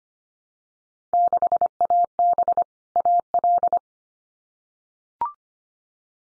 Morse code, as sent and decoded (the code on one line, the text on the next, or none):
-.... .- -... / .- .-..
6AB AL